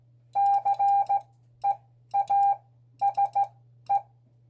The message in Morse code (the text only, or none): CEASE